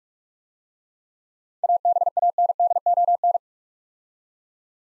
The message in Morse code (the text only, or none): ABANDON